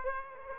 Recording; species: mosquito wingbeat signal from an infrared sensor; Aedes aegypti